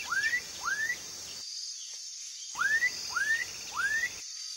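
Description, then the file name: Black-capped donacobius song: clear upslurred whistles, two then three in a row about half a second apart, set against constant high-pitched insect buzzing. "Canto do japacanim"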